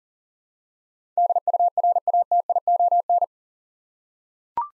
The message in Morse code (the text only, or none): DURATION